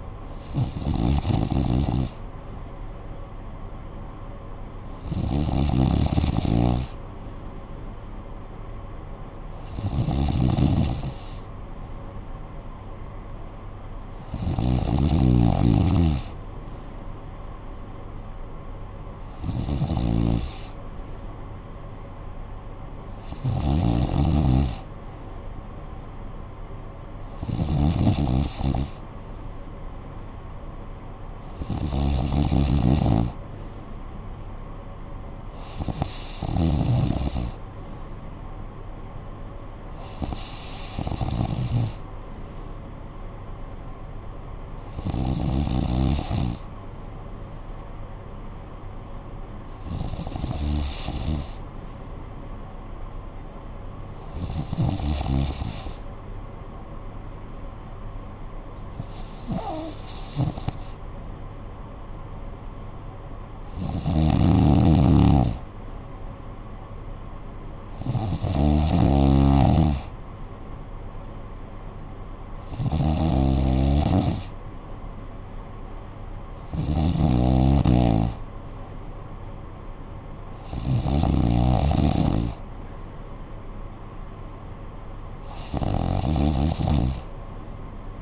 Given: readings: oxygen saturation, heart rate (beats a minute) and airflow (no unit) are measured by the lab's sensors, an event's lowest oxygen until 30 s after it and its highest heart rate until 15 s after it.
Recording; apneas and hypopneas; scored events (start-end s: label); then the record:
breathing in sleep by a smartphone at the bedside; none
53.00-83.00 s: new sleep stage, N2 (light sleep)
83.00-88.22 s: new sleep stage, N3 (deep sleep)
From the record:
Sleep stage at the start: N3 (deep sleep); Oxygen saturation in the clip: 93 to 94%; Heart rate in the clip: 55 to 62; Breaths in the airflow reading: 20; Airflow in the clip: -10.0 to 5.8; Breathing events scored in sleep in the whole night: 445 in 7.6 hours asleep